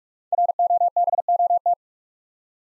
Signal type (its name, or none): Morse code